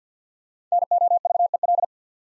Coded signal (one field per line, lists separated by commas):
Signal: Morse code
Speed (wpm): 51 wpm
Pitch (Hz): 700 Hz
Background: none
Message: NOVEL